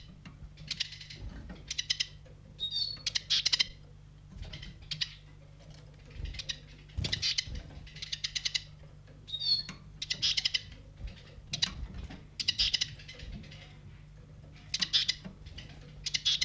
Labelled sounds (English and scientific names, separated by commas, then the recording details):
Eurasian Siskin (Spinus spinus) call
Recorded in captivity
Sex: diverse
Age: adult
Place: Zoologisches Institut Universität Tübingen, Baden-Württemberg, DE
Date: 1958-05-05
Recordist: TSA
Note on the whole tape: Versuchsaufnahmen von Ehrlenzeisigen. Aufnahmen vom 05.05. bis 07.05.1958